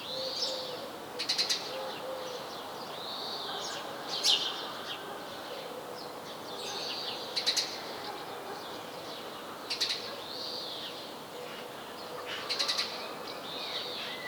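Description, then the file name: House sparrow chirping, brief rasping double notes every few seconds, mixed with curved whistled notes over a hissy background. "Passer domesticus"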